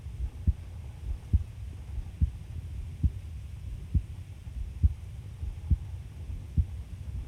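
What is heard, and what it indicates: Normal adult heartbeat, regular at about 69 beats per minute, with a brief whispered sound partway through.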